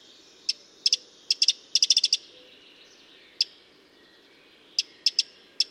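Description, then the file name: Eurasian wren giving hard ticks in quick groups, a lone click midway after a pause, then more paired ticks, with low hiss behind. "Troglodytes troglodytes"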